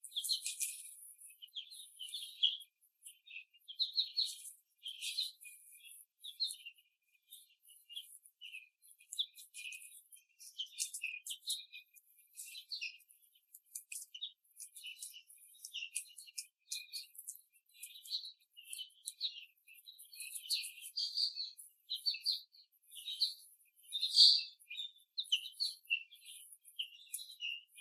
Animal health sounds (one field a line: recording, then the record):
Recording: young laying hens in a cage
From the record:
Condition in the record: after the stressor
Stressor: simulated dog barking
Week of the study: 3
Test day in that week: 1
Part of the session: 4